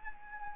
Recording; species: mosquito wingbeat signal from an infrared sensor; Anopheles arabiensis